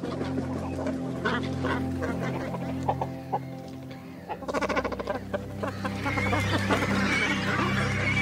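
Cormorant croaking calls, with a burst of low guttural pulsed grunts midway, over a steady low hum.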